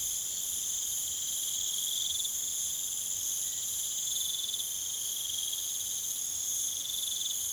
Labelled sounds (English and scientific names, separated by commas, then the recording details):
none
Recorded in pastures near Puerto Asís, Putumayo, Colombia, on 29 June 2025 at 00:00
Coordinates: 0.486, -76.323
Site H29